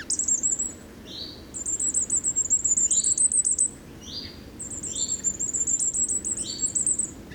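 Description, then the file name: Common firecrest: rapid, very high, thin trilled runs, with lower down-slurred notes repeated in between. Recorded at Drössling on 21 September 2013. "Sommergoldhaehnchen 21 09 2013 Droessling STA Michle Peron"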